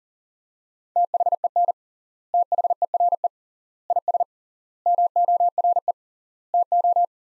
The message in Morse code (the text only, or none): THEN THERE IS MORE TO